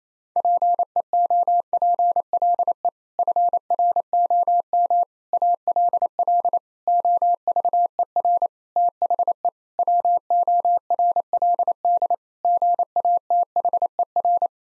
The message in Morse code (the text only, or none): PEOPLE FROM ALL OVER THE WORLD GATHER